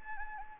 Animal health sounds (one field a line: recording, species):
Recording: mosquito wingbeat signal from an infrared sensor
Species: Anopheles gambiae